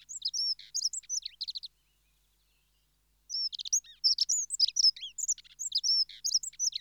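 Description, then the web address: Dunnock song in two bursts: a short high tinkling warble, a pause of about a second and a half, then a longer rapid run of squeaky notes. "BBC Sound Effects Library. Dunnock (Prunella Modularis)"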